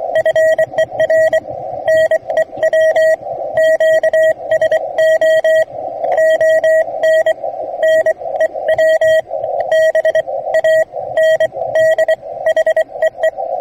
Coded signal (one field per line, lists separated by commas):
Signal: Morse code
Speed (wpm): 24 wpm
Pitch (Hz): 640 Hz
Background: radio noise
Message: FER NEW QSO ON NEW BAND HEE